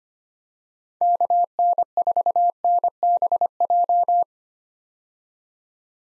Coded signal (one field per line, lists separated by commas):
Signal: Morse code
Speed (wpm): 25 wpm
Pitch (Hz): 700 Hz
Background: none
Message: KN4NBJ